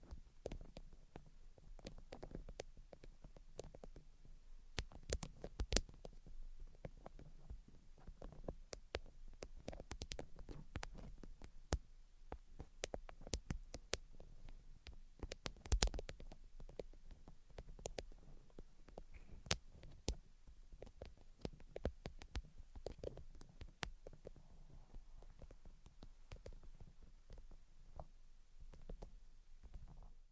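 Soft tapping and scratching sounds, mostly dull and low, come in quick, irregular clusters throughout. Sharp clicks cut through now and then, with a loud crack near the middle. Faint brushing tracing strokes fill the gaps under a low, steady hum.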